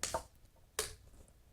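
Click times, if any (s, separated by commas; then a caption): 0.0 s, 0.8 s. An SCBA breathing regulator is pushed straight onto the facepiece port and turned to the right until its locking device engages. Two sharp, bright clicks sound at 0.0 s and 0.8 s, with a quieter knock just after the first and faint ticks between them. The regulator is locked in place on the mask.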